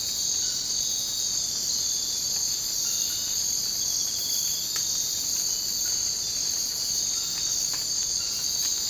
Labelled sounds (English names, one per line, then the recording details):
none
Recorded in dense forest near Puerto Asís, Putumayo, Colombia, on 24 March 2025 at 04:00
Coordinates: 0.485, -76.318
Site G056